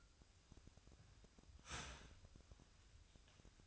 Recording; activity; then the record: daily activity, microphone in the room; start toaster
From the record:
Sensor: 2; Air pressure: 1001.7 hPa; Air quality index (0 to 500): 244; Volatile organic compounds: 36 ppm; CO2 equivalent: 3072 ppm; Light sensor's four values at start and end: 10/31/12/12 and 10/32/12/12